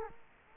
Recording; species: mosquito wingbeat signal from an infrared sensor; Culex quinquefasciatus